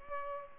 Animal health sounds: mosquito wingbeat signal from an infrared sensor; Culex pipiens

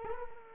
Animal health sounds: mosquito wingbeat signal from an infrared sensor; Culex quinquefasciatus

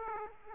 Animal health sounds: mosquito wingbeat signal from an infrared sensor; Aedes aegypti

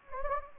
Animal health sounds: mosquito wingbeat signal from an infrared sensor; Anopheles gambiae

